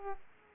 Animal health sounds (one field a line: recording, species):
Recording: mosquito wingbeat signal from an infrared sensor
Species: Aedes aegypti